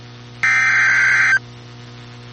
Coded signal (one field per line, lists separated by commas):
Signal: Emergency Alert System (SAME) tones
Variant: header bursts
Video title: Severe Thunderstorm Warning (Wise, Denton, Cooke Counties, TX) (3/29/25) [EAS #99]